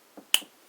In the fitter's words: Clicks in place